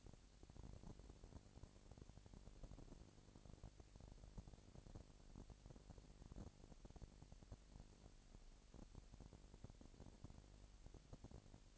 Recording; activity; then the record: daily activity, microphone in the room; no activity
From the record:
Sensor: 5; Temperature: 20.1 degrees Celsius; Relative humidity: 38.2%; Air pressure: 998.9 hPa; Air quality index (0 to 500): 218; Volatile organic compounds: 24 ppm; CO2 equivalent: 2814 ppm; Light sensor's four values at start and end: 2/3/1/1 and 2/3/1/1